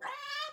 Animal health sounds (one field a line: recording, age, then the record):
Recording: pig call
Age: piglet (1 to 25 days)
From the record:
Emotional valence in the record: negative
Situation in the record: restrain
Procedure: in the arms of a person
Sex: male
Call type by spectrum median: low-frequency call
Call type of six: high-frequency stable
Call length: 0.53 s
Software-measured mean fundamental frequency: 229 Hz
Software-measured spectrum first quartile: 1280 Hz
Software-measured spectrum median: 1946 Hz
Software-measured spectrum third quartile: 3542 Hz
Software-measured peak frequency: 1212 Hz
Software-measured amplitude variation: 111 dB a second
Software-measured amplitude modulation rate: 17.9 a second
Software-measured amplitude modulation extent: 6.2 dB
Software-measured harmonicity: 10.1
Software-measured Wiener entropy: -2.45